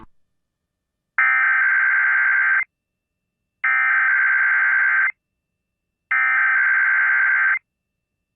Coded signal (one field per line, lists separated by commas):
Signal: Emergency Alert System (SAME) tones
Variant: header bursts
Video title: EAS 4402-4407: Weekly Tests From 04/12/23